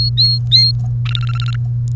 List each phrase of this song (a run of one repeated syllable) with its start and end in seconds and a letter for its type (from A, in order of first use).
0.00-0.72 A, 1.05-1.56 B